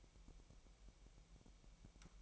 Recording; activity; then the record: daily activity, microphone in the room; take from stove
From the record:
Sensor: 1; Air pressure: 1002.0 hPa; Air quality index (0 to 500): 247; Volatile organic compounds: 52 ppm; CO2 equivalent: 3318 ppm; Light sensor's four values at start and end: 6/13/5/6 and 6/13/5/6